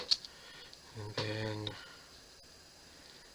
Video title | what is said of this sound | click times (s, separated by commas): Let’s Gun-dam built this in Japanese? | and it should click and nicely like that | 0.1 s